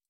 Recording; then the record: hydrophone in a shrimp aquaculture tank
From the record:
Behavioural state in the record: stressed